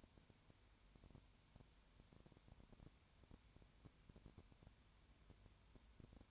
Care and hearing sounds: daily activity, microphone in the room; no activity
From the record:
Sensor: 2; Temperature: 20.3 degrees Celsius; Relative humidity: 33.8%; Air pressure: 1003.1 hPa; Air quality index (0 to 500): 82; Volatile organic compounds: 1 ppm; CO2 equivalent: 779 ppm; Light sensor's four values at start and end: 2/3/2/2 and 2/3/2/2

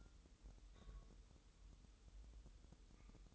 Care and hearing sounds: daily activity, microphone in the room; take from stove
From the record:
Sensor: 3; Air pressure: 988.3 hPa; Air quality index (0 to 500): 191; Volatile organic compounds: 266 ppm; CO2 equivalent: 4401 ppm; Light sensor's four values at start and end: 24/75/31/27 and 24/75/31/27

